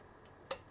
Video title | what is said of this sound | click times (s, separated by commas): Be Quiet! Dark Rock TF - montaż chłodzenia w obudowie Thermaltake Core V21 | mi to wszystko o kliknie kliknęło ta strona się trzyma | 0.5 s